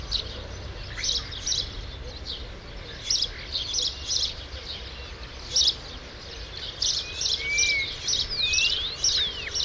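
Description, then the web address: True sparrows chirping in irregular bursts, joined near the end by clear whistled sliding notes. "True sparrows. صدای-پرنده-راستین"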